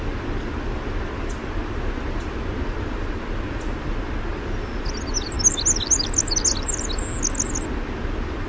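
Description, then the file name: Winter wren song bursts in after a quiet stretch of faint ticks: about three seconds of rapid, very high, bubbling trills over constant low rumbling noise. "WIWR song"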